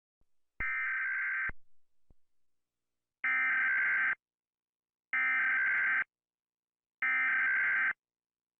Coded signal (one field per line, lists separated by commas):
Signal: Emergency Alert System (SAME) tones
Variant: header bursts